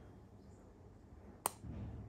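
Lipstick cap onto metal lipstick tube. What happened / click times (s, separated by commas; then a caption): The small metal cap snapped shut onto its tube / 1.5 s. The metallic cap of a Lenphor bullet matte lipstick is pushed closed onto the metal tube and snaps home with a single sharp, bright click at 1.4 s over a quiet background. Afterward a low rumble rises. The click shows the lipstick is fully closed and the closure is strong.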